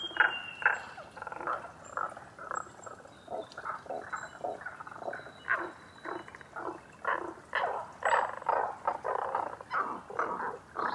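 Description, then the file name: Tago's brown frog: pulsed, throaty croaks of Tago's brown frogs repeating about twice a second, several callers overlapping, a few faint high notes scattered above. Recorded 11 June 2010 at 18:05. "tagogaeru-20100611-1805"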